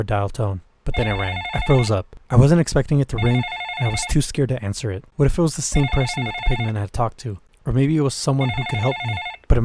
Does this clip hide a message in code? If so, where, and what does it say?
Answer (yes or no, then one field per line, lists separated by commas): no